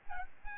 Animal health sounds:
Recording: mosquito wingbeat signal from an infrared sensor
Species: Aedes albopictus

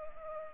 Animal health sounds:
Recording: mosquito wingbeat signal from an infrared sensor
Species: Culex pipiens

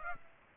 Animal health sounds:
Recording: mosquito wingbeat signal from an infrared sensor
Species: Aedes aegypti

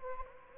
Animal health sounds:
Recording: mosquito wingbeat signal from an infrared sensor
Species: Anopheles gambiae

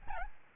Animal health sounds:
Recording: mosquito wingbeat signal from an infrared sensor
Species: Aedes albopictus

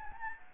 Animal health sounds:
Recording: mosquito wingbeat signal from an infrared sensor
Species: Anopheles gambiae

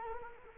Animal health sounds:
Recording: mosquito wingbeat signal from an infrared sensor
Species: Culex quinquefasciatus

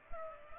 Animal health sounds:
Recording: mosquito wingbeat signal from an infrared sensor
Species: Culex pipiens

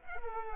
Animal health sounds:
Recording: mosquito wingbeat signal from an infrared sensor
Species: Culex pipiens

